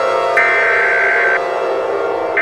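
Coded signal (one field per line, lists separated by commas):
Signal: Emergency Alert System (SAME) tones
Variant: header bursts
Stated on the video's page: Fictional scenario alert, simulated rather than real.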